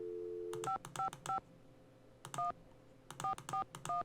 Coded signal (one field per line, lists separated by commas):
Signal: DTMF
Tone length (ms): 110 ms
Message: 555 1 441